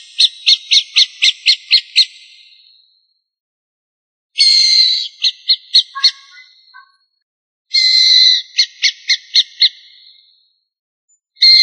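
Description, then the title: Bird calls: a loud harsh note, then a rapid series of evenly pulsed notes that fade away, the phrase repeated every few seconds. "LuckyPassaros CompletosSama"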